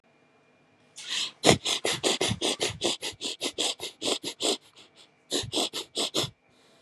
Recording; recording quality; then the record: shallow breathing; excellent, no background noise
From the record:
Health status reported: healthy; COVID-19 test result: negative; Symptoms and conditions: cold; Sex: male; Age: 48 years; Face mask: worn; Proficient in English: yes